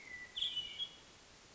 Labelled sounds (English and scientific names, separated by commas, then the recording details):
Hermit Thrush (Catharus guttatus)
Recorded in Sonoma County, California